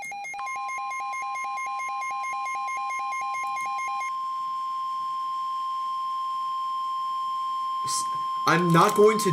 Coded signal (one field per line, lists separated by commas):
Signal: Emergency Alert System (SAME) tones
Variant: 1050 Hz attention tone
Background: speech